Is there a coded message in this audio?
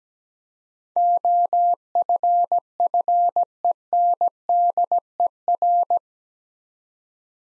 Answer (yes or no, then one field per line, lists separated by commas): yes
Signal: Morse code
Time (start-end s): 1.0-6.0 s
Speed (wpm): 17 wpm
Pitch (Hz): 700 Hz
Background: none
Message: OFFENDER